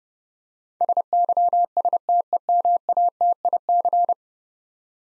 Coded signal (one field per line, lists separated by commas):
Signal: Morse code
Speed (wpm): 32 wpm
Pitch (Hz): 700 Hz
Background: none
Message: SYSTEMATIC